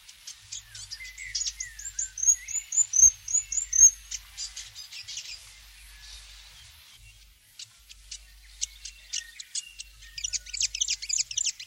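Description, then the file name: New Zealand fantail song: scratchy high notes and a short run of clear, squeaky chirps, then fainter notes and a later burst of high chatter. "piwakawaka"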